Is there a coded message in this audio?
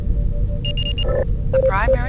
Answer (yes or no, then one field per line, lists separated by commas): no